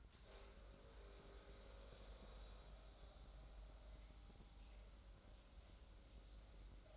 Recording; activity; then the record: daily activity, microphone in the room; make coffee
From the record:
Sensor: 3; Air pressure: 994.5 hPa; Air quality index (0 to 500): 206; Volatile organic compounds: 1000 ppm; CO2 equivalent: 6881 ppm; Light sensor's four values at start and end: 202/485/205/204 and 202/485/205/204